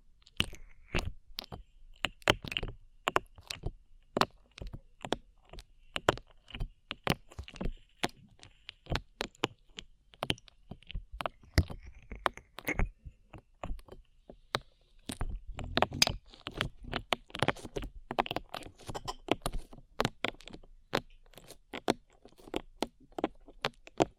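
Sticky slime sounds: a dense, irregular run of sharp wet clicks, pops and crackles, squelching and snapping throughout. The pops come several per second, thickest after about fifteen seconds, with a faint soft hiss between them.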